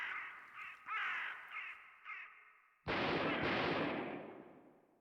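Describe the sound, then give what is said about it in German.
Ravens caw in a string of harsh, raspy calls, about five in uneven rhythm, then a sudden loud gunshot booms and its rumble slowly fades out. “Schießt man wirklich auf die Raben?”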